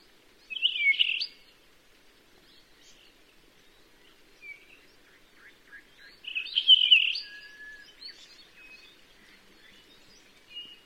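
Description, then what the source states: Puaiohi giving two loud, squeaky, slurred phrases near one and seven seconds, with scattered soft chips and thin whistles in between. Hawaii.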